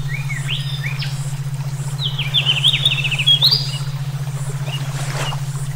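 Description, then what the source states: Songbird song with quick upslurred chirps, then a fast jumbled run of descending notes near the middle, set against a constant low throbbing tone. Brainwave therapy mix for training songbirds (omkicau).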